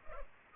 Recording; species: mosquito wingbeat signal from an infrared sensor; Culex pipiens